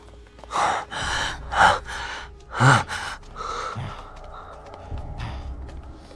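Heavy, ragged panting breaths, a series of loud gasping inhales and exhales in an uneven rhythm, with a few soft thuds and shuffling in the background, from three people moving through a dark mountain passage with dimming flashlights.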